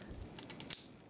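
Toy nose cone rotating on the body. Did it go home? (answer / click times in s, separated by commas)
yes / 0.7 s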